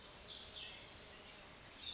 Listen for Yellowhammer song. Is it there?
no